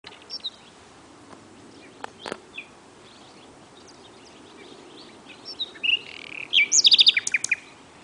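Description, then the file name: Common nightingale song, faint scattered notes, then a brief clear phrase of high chirps and quick repeated notes toward the end. "Luscinia megarhynchos"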